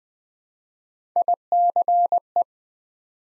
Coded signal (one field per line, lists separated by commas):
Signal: Morse code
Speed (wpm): 20 wpm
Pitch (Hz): 700 Hz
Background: none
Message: ICE